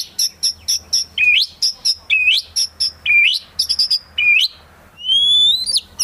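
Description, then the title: White-rumped shama song of rapid repeated high chirps with upswept whistles about once a second, closing on a long rising whistle. Long-duration lure song used for trapping. "Pikat Murai Batu"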